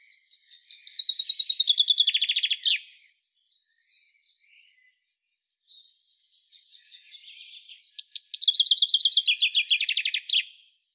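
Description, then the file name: Common chaffinch song: a bright trill that descends and ends in a sharp flourish, given twice about seven seconds apart, with soft high twittering between. "Fringilla coelebs"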